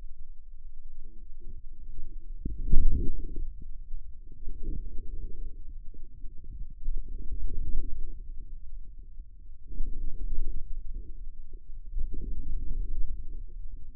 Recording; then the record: forearm muscle sounds (acoustic myography)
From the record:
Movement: inward rotation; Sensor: system 2, bracelet of six BSWA MPA416 microphones around the upper forearm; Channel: 5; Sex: male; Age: 22 years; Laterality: right